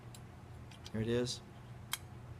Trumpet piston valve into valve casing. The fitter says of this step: a click once it's at then it won't turn anymore